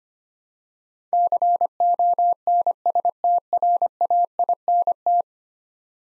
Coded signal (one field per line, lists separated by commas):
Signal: Morse code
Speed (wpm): 25 wpm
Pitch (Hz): 700 Hz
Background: none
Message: CONSTRAINT